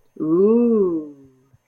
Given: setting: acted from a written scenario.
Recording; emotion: vocal sound without words; desire